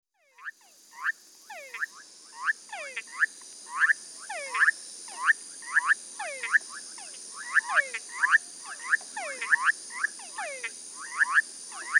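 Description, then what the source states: Tree frog chorus of rapid, overlapping clicky croaks, several ending in falling swoops, repeated densely throughout, with a constant high hiss behind. Several tree frogs recorded with a parabolic microphone; mixed excerpt.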